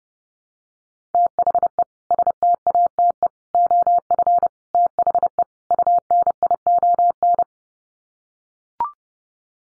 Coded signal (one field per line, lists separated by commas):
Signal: Morse code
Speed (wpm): 30 wpm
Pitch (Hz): 700 Hz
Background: none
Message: THE STATE OF THE UNION